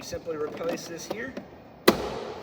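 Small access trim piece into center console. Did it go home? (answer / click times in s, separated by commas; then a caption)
yes / 1.9 s. Someone talks while a small pull-out access trim piece is pressed back into the refitted center console of a Nissan Pathfinder. One loud, sharp snap at 1.9 s shows the trim piece has seated in place.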